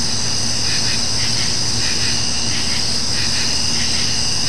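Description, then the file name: Insects in a steady night chorus: a continuous high shrill drone with pulsing bursts of lower buzzing, over a low constant hum. Summer night nature ambience of insects. "kevin boucher nature ambience summer insects night"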